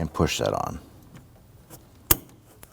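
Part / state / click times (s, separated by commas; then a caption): wiring harness connector onto headlight bulb base / seated / 2.1 s. A plastic wiring harness connector is pushed onto the base of a headlight bulb on a 2013-2019 Ford Interceptor Utility. Someone talks at the start, then a sharp click at 2.1 seconds marks the connector seating in place, followed by a few faint taps.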